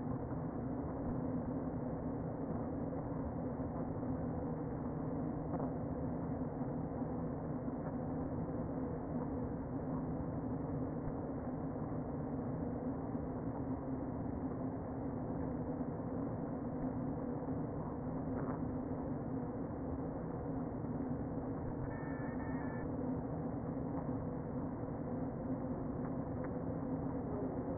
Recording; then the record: honeybee colony, microphone inside the hive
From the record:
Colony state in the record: queen present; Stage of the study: before two queens were removed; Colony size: about 60,000 bees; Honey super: yes